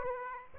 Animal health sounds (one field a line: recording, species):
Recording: mosquito wingbeat signal from an infrared sensor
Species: Aedes aegypti